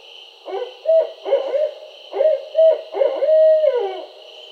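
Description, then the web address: Barred owl calls in two bursts of loud, rhythmic hoots, the last note stretched and falling away, against a persistent shrill background hum. Recorded 4 October 2011. "Barred Owl 2011 10 04"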